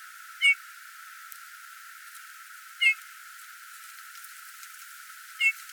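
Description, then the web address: Eurasian bullfinch giving soft, short piping whistles, three single notes spaced about two and a half seconds apart, over a quiet hiss. "geluid Goudvink"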